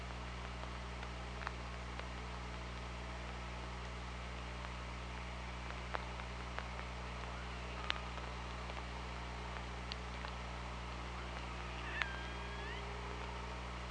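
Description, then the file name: Killer whale sounds: scattered sharp clicks throughout, then a brief rising, tonal call with harmonics near the end, over a steady low underwater hum. OrcaLab hydrophone, 24 August 2017, 07:42. "Orca Lab UTLN JASON 20170824 074207"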